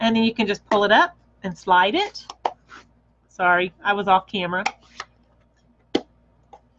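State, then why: Released. Someone talks while opening the snap lid of a plastic stamp ink pad case, popping it open with her thumbs. A sharp click is heard at 5.9 s as the lid releases, followed by two faint small sounds.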